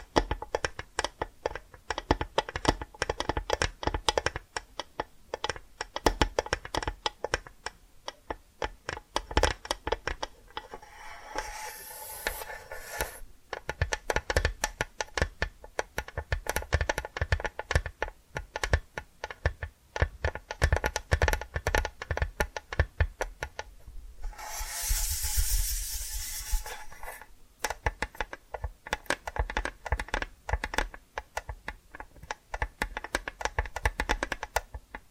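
Hypnotic tapping and scratching: dense, quick clicks and taps run almost without pause, like fingers on a hard surface or keys. Around 11 to 13 seconds and again near 24 to 27 seconds, a brighter hissing scratch swells over the tapping before the rapid clicks resume.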